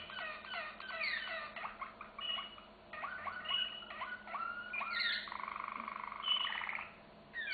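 Canary song of quick repeated chirps and slurred notes, a few high whistles, and a rolling trill near the end.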